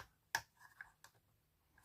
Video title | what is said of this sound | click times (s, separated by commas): 🥰ACTION🤗WOODEN MARBLE TRACK "WINDMILL"🌬Figure 35 à 50🥰#action #diy #puzzle3d | Ben ça veut passer dessous parce que c'est pas enclenché. | none